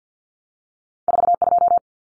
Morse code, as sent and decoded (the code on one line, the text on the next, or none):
....- ..---
42